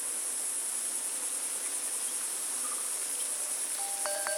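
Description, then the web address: Cricket chorus, a steady high-pitched shimmering trill throughout, with soft bird notes in the background and bright chime-like tones near the end. Australian bush. "Australian Nature Sounds - Crickets Tropical Birds Morning Birds Bird Calls. Australian Nature Sounds - Bush Concerto With Wind Chimes"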